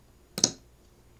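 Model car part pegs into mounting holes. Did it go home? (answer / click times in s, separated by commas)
yes / 0.4 s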